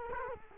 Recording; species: mosquito wingbeat signal from an infrared sensor; Culex quinquefasciatus